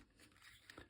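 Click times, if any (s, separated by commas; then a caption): 0.7 s, 0.8 s. A magnetic action-camera mount piece is pressed onto its camera mounting base and snaps into place, giving a quick pair of quiet clicks at 0.7 and 0.8 seconds over a low background hiss. The mount seats firmly.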